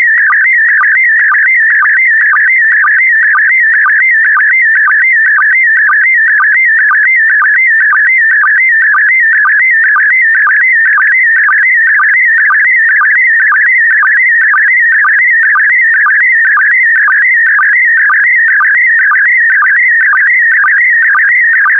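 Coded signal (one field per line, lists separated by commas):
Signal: SSTV (slow-scan television)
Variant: PD120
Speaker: 5, 4, 3, 2, 1. Transmission complete. You can now check your decoded image against the picture that is shown on the video.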